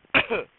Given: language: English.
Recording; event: throat vibration sensor signal played as sound; cough